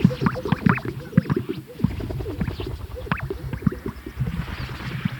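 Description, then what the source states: Greater sage-grouse at display, low bubbling pops and deep gulping notes overlapping irregularly, with faint swishes and occasional thin higher notes. Recorded at a lek.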